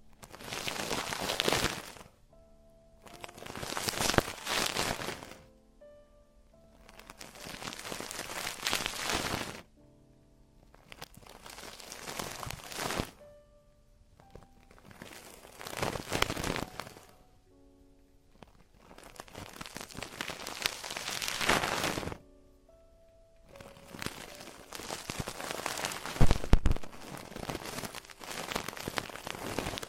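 Traditional Chinese ear cleaning: bursts of dry, crinkly scraping and rustling come every few seconds, each lasting about two seconds, separated by near-silent pauses with a faint low hum. The scratching grows denser toward the end, with a sharp click around 26 seconds.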